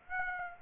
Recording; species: mosquito wingbeat signal from an infrared sensor; Aedes aegypti